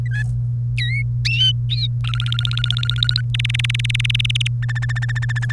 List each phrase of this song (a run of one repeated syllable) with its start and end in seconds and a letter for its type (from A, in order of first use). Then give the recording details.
0.05-0.22 A, 0.78-1.02 B, 2.04-3.21 C, 3.34-4.47 D, 4.62-5.52 E. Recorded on 1 May 2018 at 13:26. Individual llb3